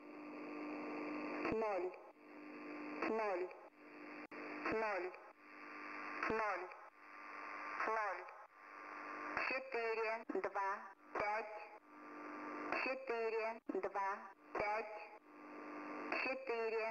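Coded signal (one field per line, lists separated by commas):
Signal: numbers station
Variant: S06s, female voice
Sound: distorted automated female voice reading short numbers with brief pauses over radio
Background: radio static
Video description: Ukrainian Number Station sends no message to spies. 425 00000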